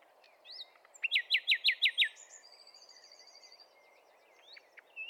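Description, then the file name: Common nightingale song: six loud repeated notes, followed by softer twittering and a few sharp chirps. "Luscinia megarhynchos"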